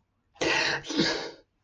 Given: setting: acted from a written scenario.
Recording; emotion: vocal sound without words; triumph